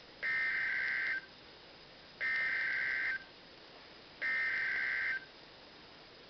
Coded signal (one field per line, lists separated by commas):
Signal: Emergency Alert System (SAME) tones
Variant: header bursts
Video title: Manahawkin, NJ Tornado Warning EAS#25